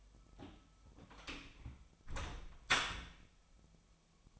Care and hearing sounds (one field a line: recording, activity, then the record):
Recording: daily activity, microphone in the room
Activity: close door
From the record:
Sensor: 1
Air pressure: 1007.1 hPa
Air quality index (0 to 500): 201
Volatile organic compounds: 21 ppm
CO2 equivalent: 2718 ppm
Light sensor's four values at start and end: 13/33/13/15 and 13/32/13/14